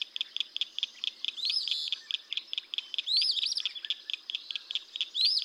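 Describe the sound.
Eastern phoebe songs, rising buzzy two-part phrases, heard three times over a steady, rapid series of short, sharp repeated notes.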